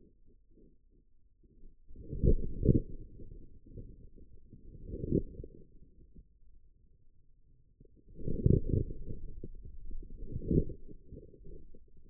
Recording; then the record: forearm muscle sounds (acoustic myography)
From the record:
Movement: outward rotation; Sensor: system 2, bracelet of six BSWA MPA416 microphones around the upper forearm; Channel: 6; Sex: male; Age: 22 years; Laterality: right